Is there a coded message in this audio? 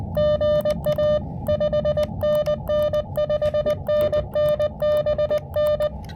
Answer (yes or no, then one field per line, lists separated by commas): yes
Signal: Morse code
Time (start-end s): 0.2-5.9 s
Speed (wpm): 19 wpm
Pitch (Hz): 590 Hz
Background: music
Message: GA 5NN 5NN BN